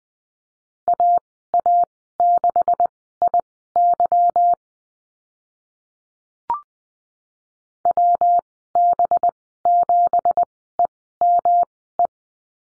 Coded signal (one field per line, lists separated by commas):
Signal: Morse code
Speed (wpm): 20 wpm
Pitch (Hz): 700 Hz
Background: none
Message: AA6IY WB7EME